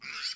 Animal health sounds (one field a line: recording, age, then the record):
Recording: pig call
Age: piglet (1 to 25 days)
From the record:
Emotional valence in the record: positive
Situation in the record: reunion after long isolation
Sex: female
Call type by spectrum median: high-frequency call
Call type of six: mixed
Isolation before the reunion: 8 minutes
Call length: 0.36 s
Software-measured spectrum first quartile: 2225 Hz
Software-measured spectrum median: 3947 Hz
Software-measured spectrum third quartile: 4930 Hz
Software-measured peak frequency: 4543 Hz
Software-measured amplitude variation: 130 dB a second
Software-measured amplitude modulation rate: 12.6 a second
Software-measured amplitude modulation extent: 10.3 dB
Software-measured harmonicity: 1.9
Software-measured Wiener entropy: -1.95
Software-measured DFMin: 1048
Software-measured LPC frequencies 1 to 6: 1403, 2341, 4592, 5411, 7343, 8482 Hz